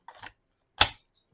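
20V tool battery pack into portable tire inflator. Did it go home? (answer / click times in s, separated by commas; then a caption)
yes / 0.8 s. A 20V tool battery pack is pushed into the base of a portable tire inflator, with some soft rattling and handling sounds early on. A sharp, loud snap at 0.8 s seats the pack, after which the unit lights up on its own.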